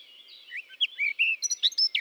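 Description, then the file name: Eurasian blackcap song, a short run of sliding whistled notes quickening into sharp chirps near the end. "Sylvia atricapilla"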